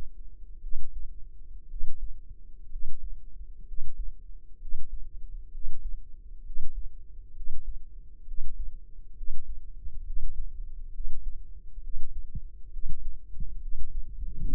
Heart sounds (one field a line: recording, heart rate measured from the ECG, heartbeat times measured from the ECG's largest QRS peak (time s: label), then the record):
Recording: heart sounds by microphone in the left ear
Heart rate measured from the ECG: 65 bpm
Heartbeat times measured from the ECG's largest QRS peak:
0.60 s: heartbeat
1.68 s: heartbeat
2.69 s: heartbeat
3.65 s: heartbeat
4.59 s: heartbeat
5.51 s: heartbeat
6.43 s: heartbeat
7.33 s: heartbeat
8.25 s: heartbeat
9.14 s: heartbeat
10.03 s: heartbeat
10.91 s: heartbeat
11.81 s: heartbeat
12.70 s: heartbeat
13.59 s: heartbeat
14.48 s: heartbeat
From the record:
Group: healthy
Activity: Valsalva maneuver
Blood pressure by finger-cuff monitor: 101/62 mmHg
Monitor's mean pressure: 74 mmHg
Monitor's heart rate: 65 bpm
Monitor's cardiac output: 5 L/min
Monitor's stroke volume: 81 mL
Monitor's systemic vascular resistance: 1060 dyn s/cm5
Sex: female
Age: 22 years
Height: 160 cm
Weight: 45 kg